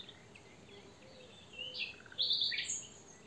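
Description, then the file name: Common nightingale giving a short burst of loud notes after a quiet spell. "Luscinia megarhynchos"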